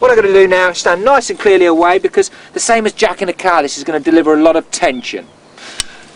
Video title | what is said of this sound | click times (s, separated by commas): Curs conducere offroad (basic) | Clicking it back till we hear the click, and then clicking forward to the next click. | 5.8 s